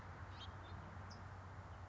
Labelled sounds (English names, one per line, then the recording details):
California Towhee
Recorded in Sonoma County, California